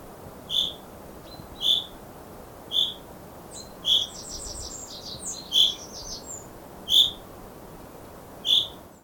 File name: Fringilla coelebs